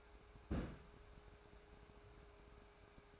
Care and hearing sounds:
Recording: daily activity, microphone in the room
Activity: place on stove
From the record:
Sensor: 2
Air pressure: 1010.2 hPa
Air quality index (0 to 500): 162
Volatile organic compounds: 7 ppm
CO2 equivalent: 2030 ppm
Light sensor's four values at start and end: 40/96/43/49 and 40/96/43/49

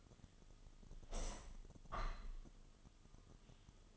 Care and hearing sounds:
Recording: daily activity, microphone in the room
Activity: open window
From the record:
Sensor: 4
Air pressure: 1005.6 hPa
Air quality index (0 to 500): 98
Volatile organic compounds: 2 ppm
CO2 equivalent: 1214 ppm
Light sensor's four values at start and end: 13/29/11/11 and 13/29/11/11

